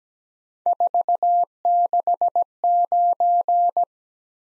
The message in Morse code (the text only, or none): 469